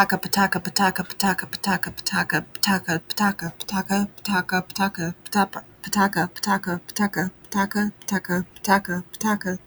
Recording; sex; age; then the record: repeated syllables /pa ta ka/; female; 30 to 39 years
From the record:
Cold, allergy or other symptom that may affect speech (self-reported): no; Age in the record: 30 years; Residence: United States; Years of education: 16